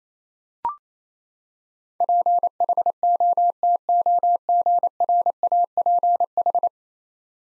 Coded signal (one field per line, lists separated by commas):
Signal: Morse code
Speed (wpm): 27 wpm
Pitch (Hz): 700 Hz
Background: none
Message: PHOTOGRAPH